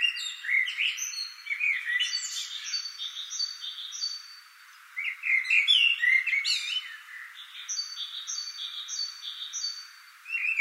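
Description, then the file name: Common blackbird song: rich low warbled phrases mixed with scratchy high notes and runs of repeated chirps, pausing briefly midway before resuming. "Turdus merula"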